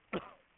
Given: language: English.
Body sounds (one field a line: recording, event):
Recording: throat vibration sensor signal played as sound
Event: cough